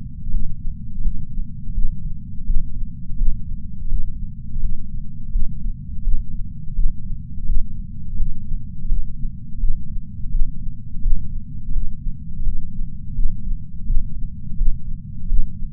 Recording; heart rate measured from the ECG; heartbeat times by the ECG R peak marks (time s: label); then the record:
heart sounds by patch sensor on the chest; 84 bpm
0.33 s: heartbeat
1.04 s: heartbeat
1.75 s: heartbeat
2.47 s: heartbeat
3.18 s: heartbeat
3.91 s: heartbeat
4.62 s: heartbeat
5.33 s: heartbeat
6.05 s: heartbeat
6.76 s: heartbeat
7.47 s: heartbeat
8.19 s: heartbeat
8.90 s: heartbeat
9.61 s: heartbeat
10.32 s: heartbeat
11.03 s: heartbeat
11.75 s: heartbeat
12.45 s: heartbeat
13.16 s: heartbeat
13.87 s: heartbeat
14.58 s: heartbeat
15.29 s: heartbeat
From the record:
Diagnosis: coronary artery disease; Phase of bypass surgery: postoperative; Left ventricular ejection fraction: 63%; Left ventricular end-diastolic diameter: 47 mm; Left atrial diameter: 42 mm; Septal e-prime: 6.9 cm/s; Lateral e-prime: 10.4 cm/s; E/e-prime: 10.3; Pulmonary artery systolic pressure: 20 mmHg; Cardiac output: 7.8 L/min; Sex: female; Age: 70 years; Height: 164 cm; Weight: 70 kg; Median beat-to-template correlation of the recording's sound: 0.88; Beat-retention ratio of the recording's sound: 1.00